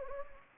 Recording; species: mosquito wingbeat signal from an infrared sensor; Anopheles gambiae